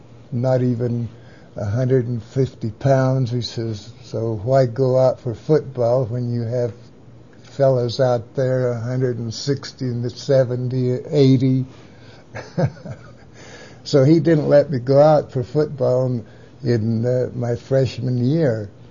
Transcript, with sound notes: not even a hundred and fifty pounds he says so why go out for football when you have fellows out there a hundred sixty, seventy, eighty.. (laughs) So he didn't let me go out for football and -in—in my freshman year.